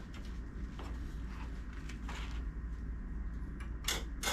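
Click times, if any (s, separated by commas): none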